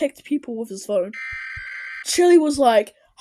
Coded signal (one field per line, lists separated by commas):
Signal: Emergency Alert System (SAME) tones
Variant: header bursts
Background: speech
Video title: Aninated Alt EAS Alarms Chaos and Mayhem! Reaction Part 3